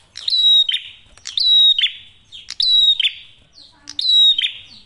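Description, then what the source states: Prinia, four phrases. Each pairs a high clear whistle with a scratchy descending buzz, spaced about a second apart. Masteran tutor audio for training songbirds; prenjak merah singing actively with a clear voice.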